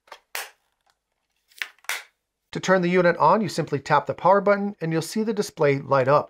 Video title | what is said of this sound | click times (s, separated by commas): Product of the Year!!! Symik Power Source Charger - Charge Your Gear Anywhere! | simply by sliding it right on top until you hear that satisfying click of those two locks engaging | 1.6 s, 1.9 s